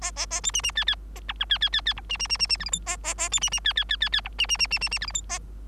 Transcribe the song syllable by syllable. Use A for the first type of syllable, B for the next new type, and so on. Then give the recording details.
A A A B C C D D A E F D D D D E C C C C C G H I A A A B C C D D D D D E C C C C C C G H I A. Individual Bird3